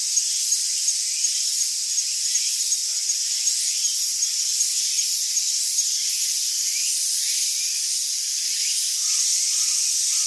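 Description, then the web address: Insects keep up a bright, hissing drone with short pulses. Ambient insects recorded in Tsumago, Japan. "Lynne Music 2 Amb Insects Birds Tsumago Japan"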